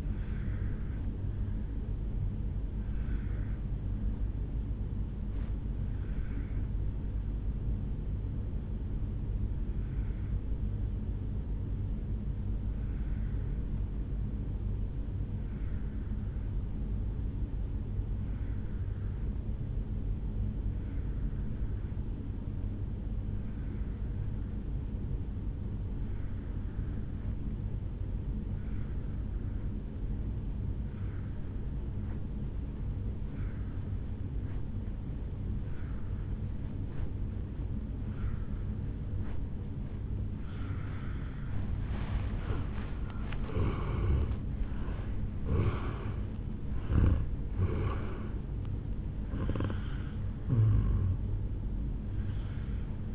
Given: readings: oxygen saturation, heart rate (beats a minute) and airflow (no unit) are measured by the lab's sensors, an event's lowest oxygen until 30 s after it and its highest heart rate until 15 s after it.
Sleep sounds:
breathing in sleep by a smartphone at the bedside; 1
8.00-42.00 s: obstructive apnea (N1, oxygen 97% highest, then 82% lowest, heart rate 53 at the start, 76 highest)
52.00-53.15 s: new sleep stage, N2 (light sleep)
From the record:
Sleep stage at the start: N1 (lightest sleep); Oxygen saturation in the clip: 83 to 97%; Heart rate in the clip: 53 to 76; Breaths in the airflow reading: 5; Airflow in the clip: -13.5 to 6.9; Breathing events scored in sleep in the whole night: 449 in 7.0 hours asleep

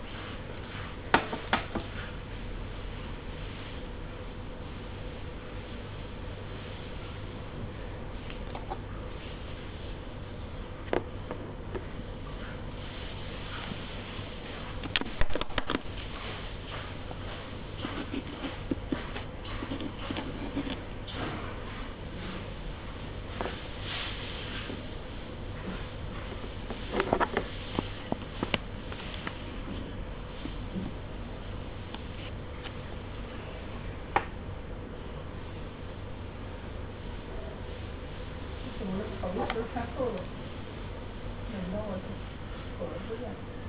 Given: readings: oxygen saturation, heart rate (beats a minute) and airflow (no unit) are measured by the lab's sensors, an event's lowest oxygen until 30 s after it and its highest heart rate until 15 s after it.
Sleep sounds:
a person awake in a sleep study, by a smartphone at the bedside; none
0.00-43.69 s: awake
From the record:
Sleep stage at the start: awake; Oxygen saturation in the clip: 94 to 95%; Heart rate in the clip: 63 to 65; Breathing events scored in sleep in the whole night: 305 in 9.6 hours asleep

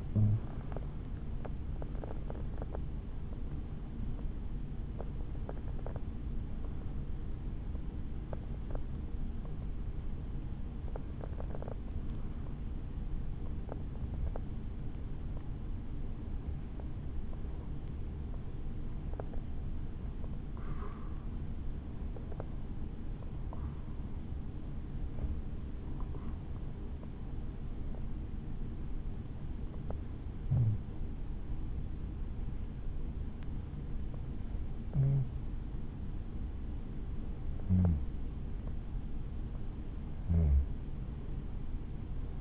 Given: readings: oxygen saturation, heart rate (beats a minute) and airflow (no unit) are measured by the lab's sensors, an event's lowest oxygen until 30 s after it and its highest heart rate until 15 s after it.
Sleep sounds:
breathing in sleep by a smartphone at the bedside; 1
0.00-3.00 s: awake
2.00-42.41 s: new sleep stage, N1 (lightest sleep)
14.00-38.40 s: hypopnea (N1, oxygen 97% highest, then 93% lowest, heart rate 61 at the start, 68 highest)
From the record:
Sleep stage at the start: awake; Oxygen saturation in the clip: 94 to 97%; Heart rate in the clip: 59 to 99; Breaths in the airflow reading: 16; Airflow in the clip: -8.5 to 9.2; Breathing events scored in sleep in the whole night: 216 in 7.0 hours asleep

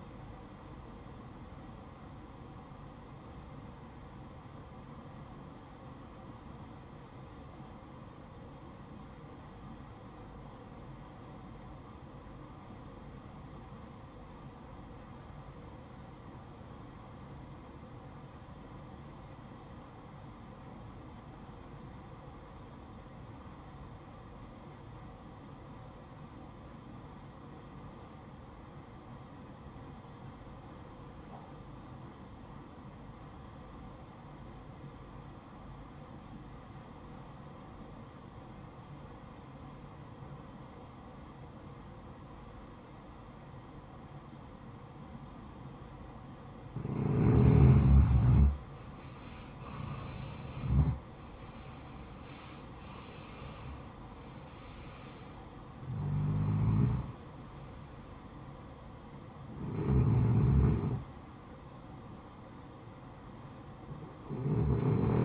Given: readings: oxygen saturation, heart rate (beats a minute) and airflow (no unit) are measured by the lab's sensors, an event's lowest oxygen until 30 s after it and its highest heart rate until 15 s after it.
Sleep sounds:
breathing in sleep by a smartphone at the bedside; 1
7.00-49.20 s: obstructive apnea (REM, oxygen 95% highest, then 78% lowest, heart rate 61 at the start, 75 highest)
From the record:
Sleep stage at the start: REM sleep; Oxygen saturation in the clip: 79 to 95%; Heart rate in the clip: 52 to 75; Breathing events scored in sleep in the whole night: 573 in 9.8 hours asleep

